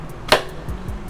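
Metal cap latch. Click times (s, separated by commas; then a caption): 0.3 s. A new TWM aluminum quick-action gas cap, opened by tapping the tab and pulling up, is pushed back down into the fuel tank filler of a BMW S1000RR motorcycle. A single sharp click sounds at 0.3 s against a quiet background, and the cap locks in place.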